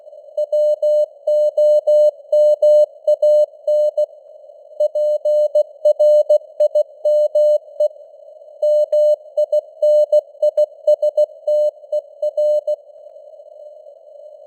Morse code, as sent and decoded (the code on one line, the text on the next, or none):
.-- --- -- .- -. / .--. .-. .. -- . / -- .. -. .. ... - . .-.
WOMAN PRIME MINISTER